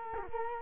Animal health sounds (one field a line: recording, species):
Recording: mosquito wingbeat signal from an infrared sensor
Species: Culex quinquefasciatus